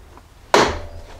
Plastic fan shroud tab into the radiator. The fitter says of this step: that correspond with the radiator and then once we're in the right place just push them down you can hear it click